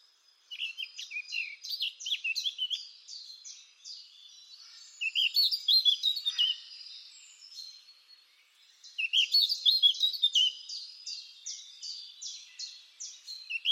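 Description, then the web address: Eurasian blackcap giving scratchy, rapidly repeated chattering notes and bright warbled flourishes in several bursts separated by short gaps. "cianscape birddata Deverinetal 2025"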